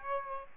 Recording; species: mosquito wingbeat signal from an infrared sensor; Aedes aegypti